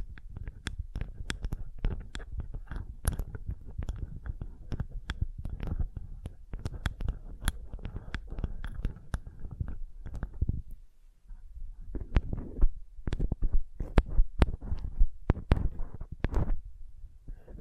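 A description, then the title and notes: Sensitive tapping, a rapid, irregular run of soft taps and crisp clicks, densely packed for the first ten seconds. Around eleven seconds it briefly falls almost silent, then the tapping resumes in sparser, sharper clusters through to the end. Sensitive Tapping.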